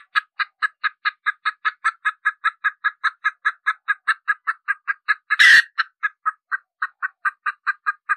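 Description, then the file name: Red junglefowl hen uttering brisk, evenly spaced clucks without a break, interrupted once by a single loud, rough squawk before the clucking resumes. Hen, cackling (cục tác). "Tieng ga mai rung cuc tac de"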